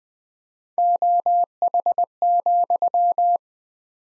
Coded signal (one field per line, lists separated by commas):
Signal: Morse code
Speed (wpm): 20 wpm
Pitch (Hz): 700 Hz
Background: none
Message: OH,